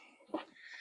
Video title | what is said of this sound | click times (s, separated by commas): Strawberry 🍓 Greenstalk BOGO Deal | It locked into place. | 0.3 s